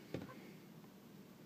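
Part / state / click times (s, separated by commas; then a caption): plastic cannon accessory clip onto a transforming robot figure / seated / 0.1 s. A plastic cannon accessory is pushed onto a transforming robot action figure by its flip-out clip, and it snaps on with a sharp click at 0.1 s. A faint low background hum follows. The cannon is seated and clicks on very securely.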